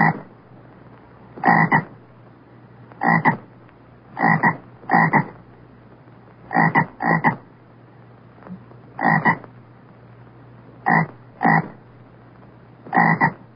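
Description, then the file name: Frog giving loud short croaks, several bursts at irregular intervals, against a low background hum. "zaba"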